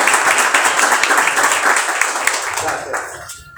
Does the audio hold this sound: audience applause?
yes